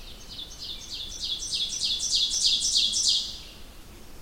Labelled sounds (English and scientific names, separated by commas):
Ovenbird (Seiurus aurocapilla) song